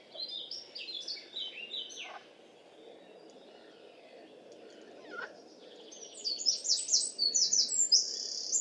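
Bird song in two bursts of high chirped and twittered notes separated by a quiet gap, with a soft lower call in between and steady background noise.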